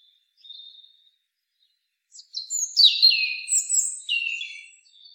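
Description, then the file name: European robin song: one thin high note, a pause, then a burst of varied, tumbling high warbled phrases with quick rising and falling notes. "Erithacus rubecula"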